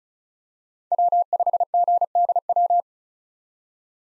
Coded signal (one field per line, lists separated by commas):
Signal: Morse code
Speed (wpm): 36 wpm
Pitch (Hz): 700 Hz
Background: none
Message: W5GDW